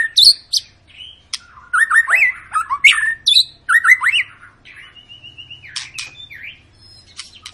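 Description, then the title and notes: White-rumped shama song with varied whistled phrases, rising slurred notes and sharp clicks, a long steady whistle late on, delivered in loud rapid bursts. Long lure song of a white-rumped shama in full, continuous song, used to make other birds sing. "Pancingan Murai Batu Gacor Panjang. muraiku"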